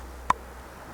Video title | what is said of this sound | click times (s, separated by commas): £5 Bushcraft Knife - Alpino Sport Bushcraft Knife | it's that little click at the end | 0.3 s